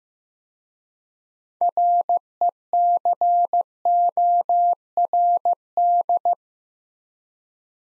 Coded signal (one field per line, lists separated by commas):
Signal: Morse code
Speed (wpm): 15 wpm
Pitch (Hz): 700 Hz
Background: none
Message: RECORD